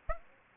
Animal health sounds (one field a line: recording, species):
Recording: mosquito wingbeat signal from an infrared sensor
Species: Aedes aegypti